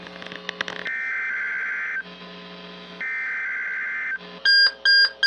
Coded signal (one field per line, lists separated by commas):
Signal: Emergency Alert System (SAME) tones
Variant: header bursts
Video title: PREPARING FOR THE HOLIDAYS... EAS Tests from November 2022 (EAS #1,708 - 1,760)